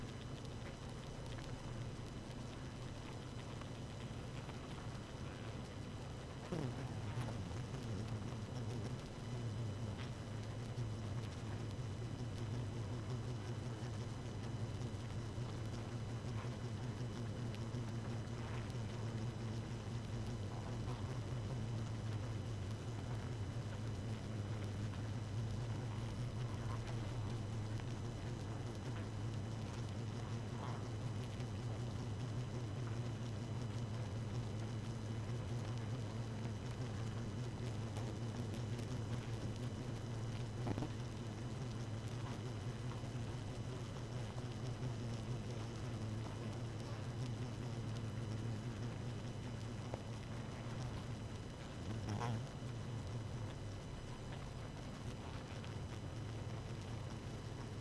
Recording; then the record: honeybee colony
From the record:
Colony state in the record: active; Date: 12 June 2018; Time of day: 0:30